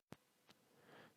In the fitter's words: simply tighten the bolt until you hear the wrench click